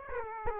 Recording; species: mosquito wingbeat signal from an infrared sensor; Aedes aegypti